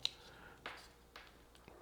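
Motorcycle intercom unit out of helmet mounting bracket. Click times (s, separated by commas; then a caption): 0.0 s. A Cardo Packtalk Edge motorcycle intercom unit is released from its helmet mounting bracket by bending back the tall plastic retaining tab and pulling the unit off, so mounts or helmets can be changed. A sharp click comes at 0.1 s, followed by broader scraping bursts around 0.7 s and 1.2 s and faint ticks near 1.6 and 1.7 s. The unit comes off the clip very easily.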